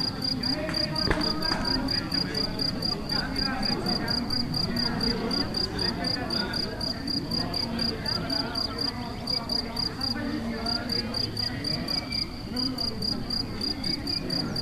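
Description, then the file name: Cricket trilling persistently in high pulsed chirps throughout, with a low noisy background and a brief knock near the start. Crickets recorded in Galicia on 24 May 2014 with an MZ-N 710 recorder. "MZ-N 710 Grillons la Galicia re 24 05 14"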